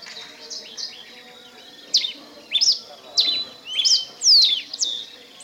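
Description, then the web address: Red pileated finch song: a lively series of high, sweeping chirps and slurred whistles, growing louder toward the end, with a soft background hiss. Recorded in Ecuador. "Birds of Ecuador 29 Red Pileated-Finch"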